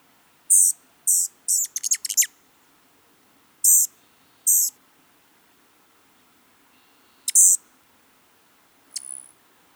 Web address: el colibri ocraceo grabado en oregon ee uu